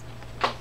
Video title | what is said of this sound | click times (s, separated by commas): Okuma Nitrix 250 round bait caster fishing reel take apart and servie | Put the cap back on. Cap just simply snaps back in. | 0.4 s